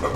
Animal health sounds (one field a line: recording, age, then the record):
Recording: pig call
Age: growing-finishing pig (85 days or more)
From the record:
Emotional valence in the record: positive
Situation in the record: run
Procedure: transit